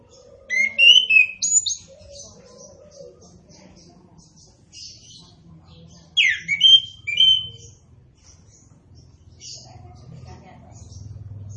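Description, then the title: Orange-headed thrush song: short bursts of varied whistled and twittering notes, with quiet pauses between phrases and faint background chirps. Bird singing persistently (gacor); also called punglor kembang; song described as ngeplong. "Anis Kembang Gacor. Anis Kembang Punglor Kembang Ngeplong"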